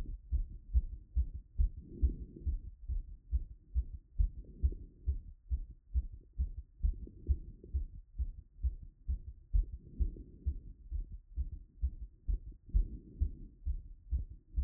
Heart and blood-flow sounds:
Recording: heart sounds by stethoscope after running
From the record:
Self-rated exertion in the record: moderate exertion (3 of 6)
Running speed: 7 mph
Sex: female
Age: 23 years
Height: 163 cm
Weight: 70 kg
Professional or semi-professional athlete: no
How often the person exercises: 1 to 2 times a week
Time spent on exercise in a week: 1 to 2 hours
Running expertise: no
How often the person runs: 1 to 2 times a week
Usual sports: running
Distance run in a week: 7 km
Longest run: 7 km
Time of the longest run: 50 minutes

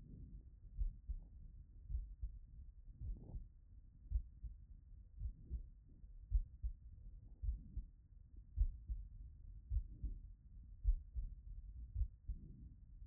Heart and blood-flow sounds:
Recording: heart sounds by stethoscope after running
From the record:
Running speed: 5 mph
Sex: female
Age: 60 to 69 years

